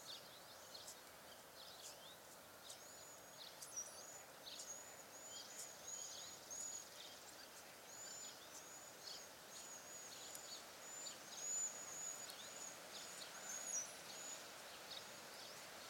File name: Bombycilla cedrorum - Cedar Waxwing